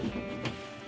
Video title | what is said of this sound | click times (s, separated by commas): Firebird Drift Build Eps 8 - Battery Relocation & Battery Disconnect Switch Install! | then we're gonna clip it in to these nice clips right here. There you go. | 0.5 s